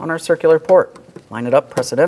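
A protective plug is lined up with the circular port in a rear door of a 2003-2007 Cadillac CTS during a door latch replacement and is about to be pressed in. Someone talks throughout. Nothing has seated or clicked yet.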